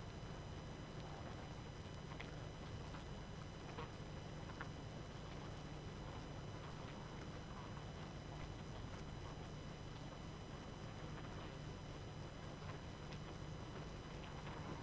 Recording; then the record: honeybee colony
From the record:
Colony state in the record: active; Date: 12 June 2018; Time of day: 23:32